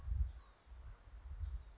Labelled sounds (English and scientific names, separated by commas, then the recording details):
Blue-gray Gnatcatcher (Polioptila caerulea)
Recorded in Sonoma County, California